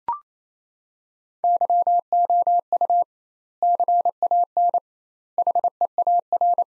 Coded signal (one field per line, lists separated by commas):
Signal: Morse code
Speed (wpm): 28 wpm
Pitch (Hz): 700 Hz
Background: none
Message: YOU CAN HEAR